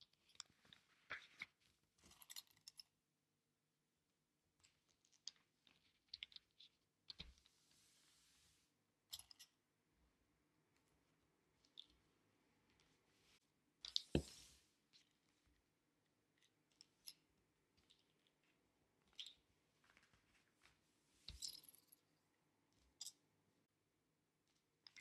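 Paper patterns are pinned to fabric in scattered bursts of rustling, crinkling and small clicks, with a loud crisp crackle around fourteen seconds.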